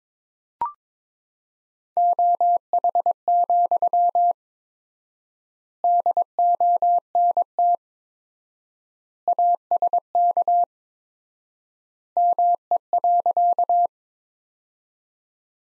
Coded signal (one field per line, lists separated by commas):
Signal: Morse code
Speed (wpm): 22 wpm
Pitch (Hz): 700 Hz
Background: none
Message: OH, DONT ASK ME.